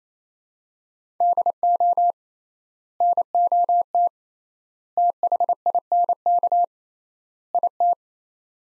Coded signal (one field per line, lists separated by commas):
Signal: Morse code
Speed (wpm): 28 wpm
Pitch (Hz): 700 Hz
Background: none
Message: DO NOT THINK IT